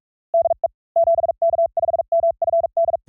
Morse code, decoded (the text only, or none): DE 7K5MFD